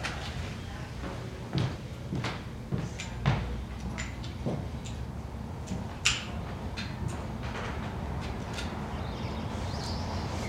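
Indoor room tone in a gym with slight motion: a steady low hum fills the space, broken by scattered clicks, knocks and brief rattles every second or so. The sharpest knocks land near the two-, three- and six-second marks, with faint activity behind.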